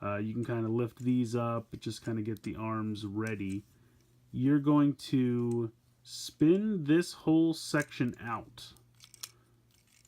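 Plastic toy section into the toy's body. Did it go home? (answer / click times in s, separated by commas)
yes / 9.2 s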